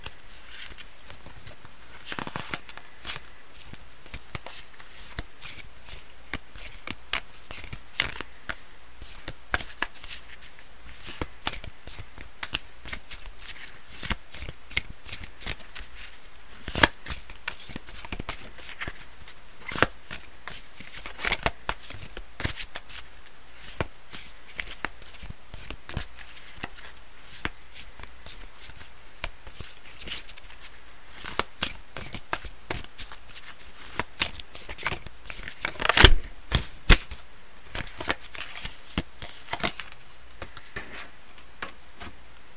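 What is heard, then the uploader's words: Card shuffling with scattered tapping and scratching, a steady stream of quick, sharp clicks and rustles running the full length. The snaps are dense but irregular, with a few louder, brighter cracks near the 36-second mark over a soft, low hiss. Tapping, Scratching, Card Shuffling.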